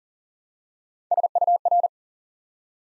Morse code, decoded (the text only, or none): SUR